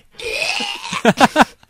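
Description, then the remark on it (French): A person imitates a stork regurgitating a baby: a long, strained, rasping gurgle that rises in pitch, followed by three loud, retching bursts in quick succession. “Non, je fais la cigogne.”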